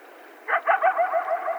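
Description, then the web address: Coyote yips: a rapid run of short, slurred yelping notes tumbling one after another for about a second. More than one coyote, recorded on 12 July 2010. "Coyote 2010 07 12 Coyotes"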